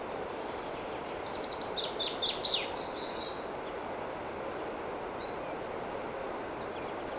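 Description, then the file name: Common chaffinch song: a high rattling run of notes with a short ending flourish, then quieter high notes, over persistent hiss. "Fringilla coelebs"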